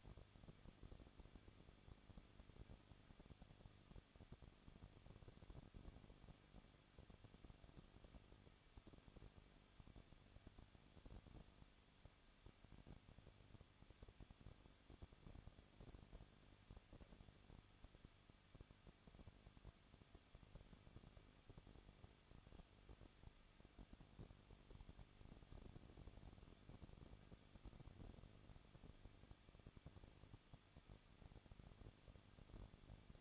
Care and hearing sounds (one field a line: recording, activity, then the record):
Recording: daily activity, microphone in the room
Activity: no activity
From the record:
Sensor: 4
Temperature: 23.1 degrees Celsius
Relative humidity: 33.9%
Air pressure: 1007.2 hPa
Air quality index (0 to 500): 215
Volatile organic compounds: 15 ppm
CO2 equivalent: 2483 ppm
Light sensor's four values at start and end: 2/3/1/1 and 2/3/1/1